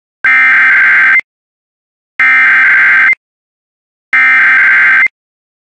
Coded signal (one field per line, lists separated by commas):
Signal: Emergency Alert System (SAME) tones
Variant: header bursts